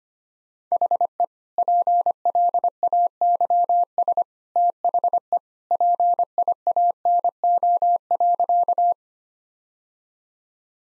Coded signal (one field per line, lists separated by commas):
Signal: Morse code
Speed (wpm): 25 wpm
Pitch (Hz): 700 Hz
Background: none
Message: HE PLAYS THE PIANO.